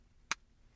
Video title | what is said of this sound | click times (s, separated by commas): BEST DASH CAM - Vantrue N4 - Hardwire Installation | is you're going to line up the little grooves here and just slide that in until it clicks. | 0.3 s